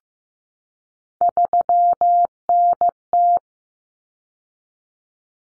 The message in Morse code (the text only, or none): 3NT